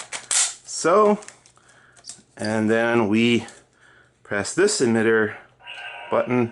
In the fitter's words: and that pops right in like